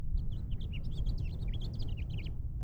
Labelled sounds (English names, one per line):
House Finch song